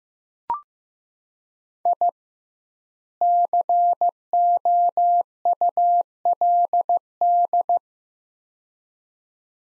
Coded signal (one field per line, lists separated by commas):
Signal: Morse code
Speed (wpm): 15 wpm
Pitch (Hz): 700 Hz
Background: none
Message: I COULD